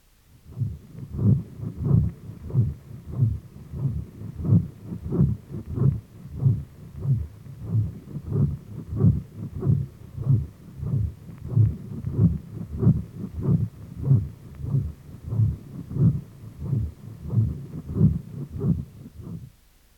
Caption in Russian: Грубый шум трения перикарда у больного после операции митральной комиссуротомии, зарегистрированный у основания мечевидного отростка, где этот шум лучше слышен во время вдоха. Обычно он носит характер мягкого шуршания или треска, не имеет четкой связи с фазами сердечной деятельности, изменяется при надавливании фонендоскопом и не проводится во внесердечные зоны.